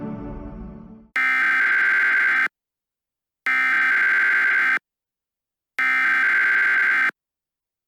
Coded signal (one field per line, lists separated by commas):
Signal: Emergency Alert System (SAME) tones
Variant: header bursts